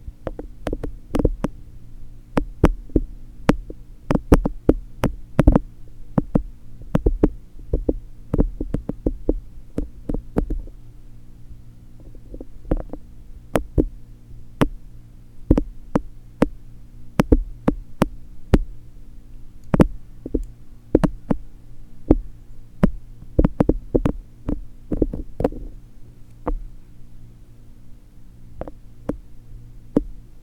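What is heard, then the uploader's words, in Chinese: Fluffy ear cleaning produces frequent, irregular sharp crackles and soft thumps over a steady low hum, slightly calmer around the middle. 睡眠導入 絨毛掏耳。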